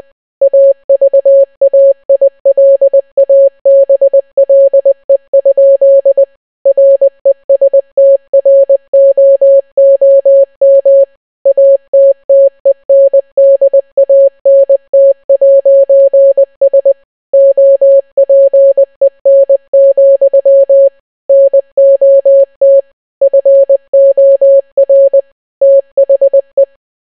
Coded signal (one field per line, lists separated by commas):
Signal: Morse code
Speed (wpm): 20 wpm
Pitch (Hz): 550 Hz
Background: none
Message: AVAILABLE? RESTROOM ATTENDANT'S OPEN, NOT FOR THE